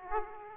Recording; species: mosquito wingbeat signal from an infrared sensor; Aedes aegypti